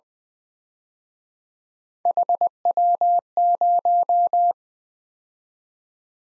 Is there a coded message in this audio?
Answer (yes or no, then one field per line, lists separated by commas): yes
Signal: Morse code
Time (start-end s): 2.1-4.5 s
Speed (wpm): 25 wpm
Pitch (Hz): 700 Hz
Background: none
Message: HW0